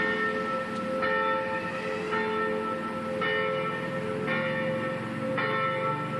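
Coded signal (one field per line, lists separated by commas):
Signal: bell signal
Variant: single small bell swung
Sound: a single church bell swinging, striking about once a second, five strokes ringing on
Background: low outdoor rumble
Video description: -h.18:25: distesa della minore La3 5 minuti prima della messa delle 18:30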